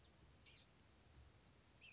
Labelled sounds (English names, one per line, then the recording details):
Blue-gray Gnatcatcher
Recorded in Sonoma County, California